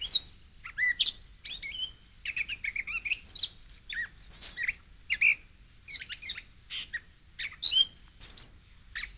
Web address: birds Gray Catbird